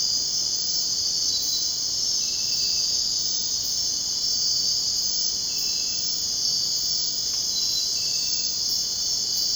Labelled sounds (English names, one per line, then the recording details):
none
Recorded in dense forest near Puerto Asís, Putumayo, Colombia, on 23 June 2025 at 02:00
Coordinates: 0.499, -76.324
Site G100